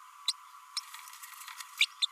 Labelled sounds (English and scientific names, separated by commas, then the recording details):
Green-rumped Parrotlet (Forpus passerinus) babbling
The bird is a female
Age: 32 days
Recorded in a nest box in Venezuela
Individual 17B32A7